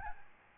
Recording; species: mosquito wingbeat signal from an infrared sensor; Aedes albopictus